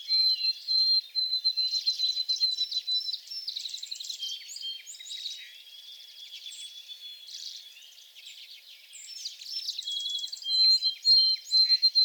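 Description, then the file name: White-throated sparrow giving runs of quick repeated high whistled notes at the start and end, with a dense chorus of trilling and chirping birds in between. 28 April 2022, in the back shrubs. "2022-04-28 White-throated Sparrow in back shrubs"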